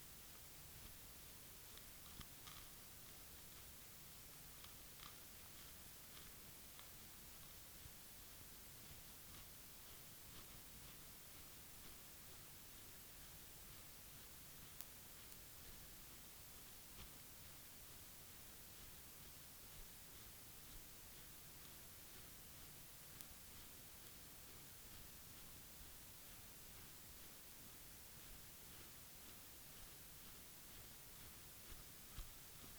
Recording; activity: daily activity, guitar pickup as the sensor; brush teeth